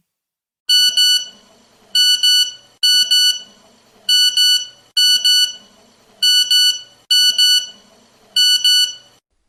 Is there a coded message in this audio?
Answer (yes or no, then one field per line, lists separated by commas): no